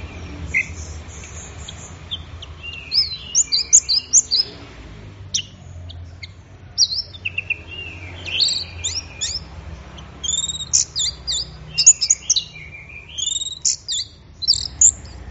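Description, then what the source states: Orange-headed thrush singing a long, varied sequence of quick high whistles, chirps and short trills, delivered almost continuously with small pauses. Bird in full, intense song (gacor teler), used for training songbirds; Indonesian name anis merah.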